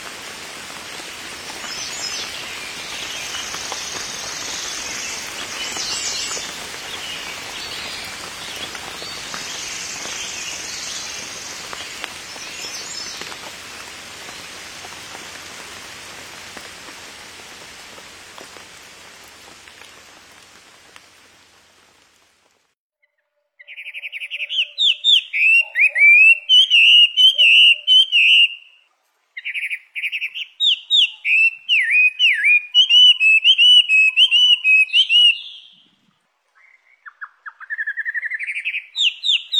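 Steady rain patter fills the first twenty seconds, with faint bird calls threading through it, then fades to near silence. From about 24 seconds a bird sings loud, bright, rapid trilling phrases in long bursts, with only brief pauses between them.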